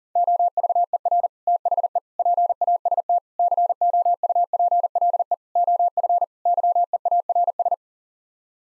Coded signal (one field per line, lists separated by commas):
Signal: Morse code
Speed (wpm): 40 wpm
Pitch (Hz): 700 Hz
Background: none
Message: OVER THE PAST COUPLE OF YEARS